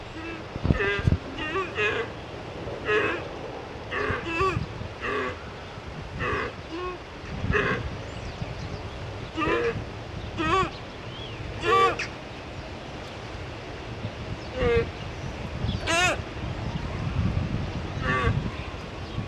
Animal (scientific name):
Dama dama